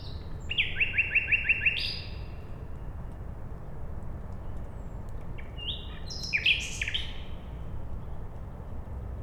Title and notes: Bohaterów Westerplatte, 41-106 Siemianowice Śląskie, Polska. Poniedziałek, 20 maja 2019. Noc. Słowik przy drodze